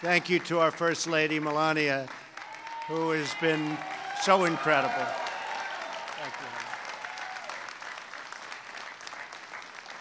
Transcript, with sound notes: Thank you to our First Lady, Melania, who has been so incredible. (Applause.) Thank you.